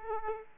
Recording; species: mosquito wingbeat signal from an infrared sensor; Aedes aegypti